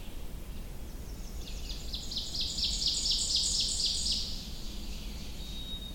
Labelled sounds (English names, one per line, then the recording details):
Ovenbird song
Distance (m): 25 m
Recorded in boreal forest in Alberta, Canada, on 21 June 2016 at 06:53
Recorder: SongMeter 3, array SBT-6-81
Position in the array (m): 40 m, 88 m
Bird 24